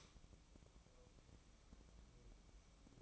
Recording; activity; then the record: daily activity, microphone in the room; light on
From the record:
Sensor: 1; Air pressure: 1008.0 hPa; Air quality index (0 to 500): 121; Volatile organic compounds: 2 ppm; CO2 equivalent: 1021 ppm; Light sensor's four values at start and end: 8/20/8/8 and 13/40/15/16